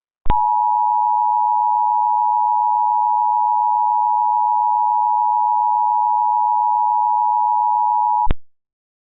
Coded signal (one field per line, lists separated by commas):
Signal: Emergency Alert System (SAME) tones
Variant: 853 and 960 Hz attention tone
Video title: EAS Reenactment Mock: Flash Flood Warning with RadioShack 12-521 and EASyPLUS - 04/14/2015